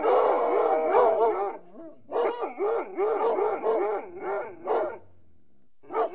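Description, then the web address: Dog howling in long wavering, yodel-like tones that rise and fall, broken by short pauses, with a brief bark-like burst near the end. "The BBC Sound Effects Library - Complete 60 CDs Collection Sound Effects Library-38 (Horses # 2 and Dogs)"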